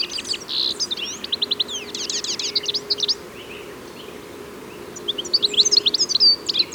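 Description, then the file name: European goldfinch twittering rapidly with rattling buzzy runs and sweet tinkling notes, a quieter stretch midway, then another lively burst of chirps. "Carduelis carduelis"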